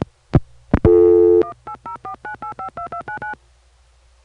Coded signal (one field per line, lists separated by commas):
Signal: DTMF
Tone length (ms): 100 ms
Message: 18049852299